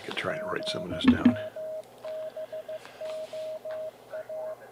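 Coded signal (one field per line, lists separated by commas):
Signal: Morse code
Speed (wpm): 15 wpm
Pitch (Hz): 630 Hz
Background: speech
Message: GMBOA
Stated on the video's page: Coast station KPH sending an Enigma-encrypted message in Morse and RTTY on its shortwave frequencies, received on an IC-7610.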